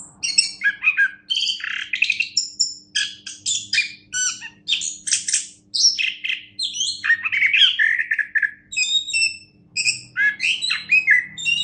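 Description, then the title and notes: Orange-headed thrush song, a rich varied stream of whistles and buzzy notes in rapid bursts with brief pauses, and a faint steady low hum. Orange-headed thrush singing, described as a national champion songbird. "Anis Kembang Juara Nasional. kicau anis kembang"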